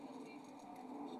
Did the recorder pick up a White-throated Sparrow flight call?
no